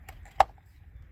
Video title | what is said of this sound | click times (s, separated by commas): Chevy Colorado oil change. | you hear a click and then i'll get the oil | 0.4 s